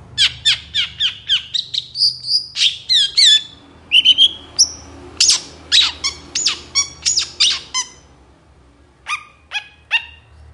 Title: Cendet Gacor Dor Di Kala Pagi Toet Toet Variasi Suara. PANCINGAN CENDET MALAS BUNYI CENDET MACET CENDET STRESS